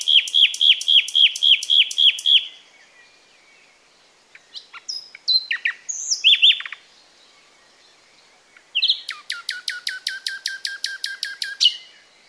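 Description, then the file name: Common nightingale song in three bursts: a fast series of ringing repeated notes, a pause, varied whistles and chirps, another pause, then a long rapid train of sharp strokes. "Luscinia megarhynchos"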